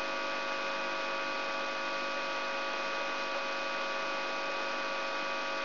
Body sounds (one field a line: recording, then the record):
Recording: brain microelectrode recording played as sound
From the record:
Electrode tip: inside the subthalamic nucleus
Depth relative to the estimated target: -3.5 mm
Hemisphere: right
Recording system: AlphaMap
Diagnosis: Parkinson's disease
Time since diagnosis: 23 years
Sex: male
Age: 65 years